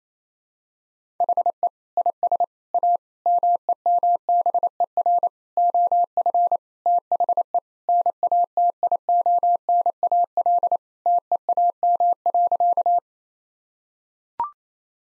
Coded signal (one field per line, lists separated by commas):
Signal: Morse code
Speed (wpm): 28 wpm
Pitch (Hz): 700 Hz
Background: none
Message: HE IS A MEMBER OF THE NATIONAL TEAM.